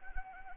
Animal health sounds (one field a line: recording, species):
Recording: mosquito wingbeat signal from an infrared sensor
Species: Anopheles arabiensis